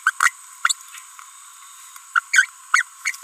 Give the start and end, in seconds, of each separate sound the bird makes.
0.06-0.10, 0.20-0.30, 0.65-0.73, 2.15-2.19, 2.33-2.49, 2.74-2.82, 3.05-3.15